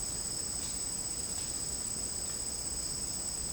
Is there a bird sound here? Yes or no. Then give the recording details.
no. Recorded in dense forest near Puerto Asís, Putumayo, Colombia, on 25 June 2025 at 13:00. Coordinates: 0.499, -76.324. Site G100